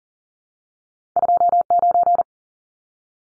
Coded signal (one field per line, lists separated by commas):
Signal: Morse code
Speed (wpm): 40 wpm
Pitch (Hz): 700 Hz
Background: none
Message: 29